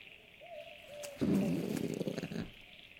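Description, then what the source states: Brush-tailed possum giving a rough, drawn-out grunting rasp lasting about a second, preceded by soft whistled notes, with a constant high insect-like drone behind. Several possums, grunting, in the woods.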